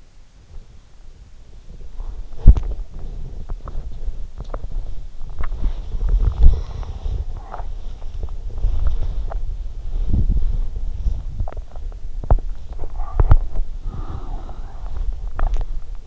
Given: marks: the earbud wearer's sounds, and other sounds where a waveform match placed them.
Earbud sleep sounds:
sounds in sleep by an in-ear microphone; body movement, breath
0.00-16.07 s: body movement
13.75-15.21 s: breath

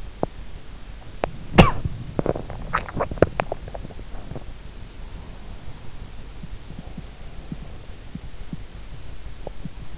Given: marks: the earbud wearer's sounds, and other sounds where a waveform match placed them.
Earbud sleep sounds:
sounds in sleep by an in-ear microphone; body movement, cough or throat clearing or sniffle
0.00-4.76 s: body movement
0.95-2.13 s: cough or throat clearing or sniffle

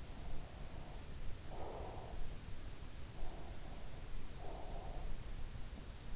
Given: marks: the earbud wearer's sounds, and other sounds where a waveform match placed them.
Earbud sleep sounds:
sounds in sleep by an in-ear microphone; breath
0.02-2.25 s: breath
3.12-5.22 s: breath

